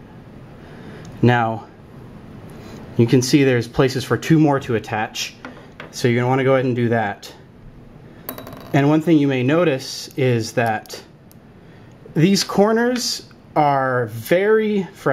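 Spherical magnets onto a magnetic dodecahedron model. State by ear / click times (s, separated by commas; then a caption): seated / 8.3 s, 8.4 s, 8.5 s. Two more small spherical magnets are attached to open spots on a magnetic dodecahedron model while someone talks, snapping on with a sharp metallic click at 8.3 s followed by small rattles at 8.4 s and 8.5 s. The magnets are seated on the structure.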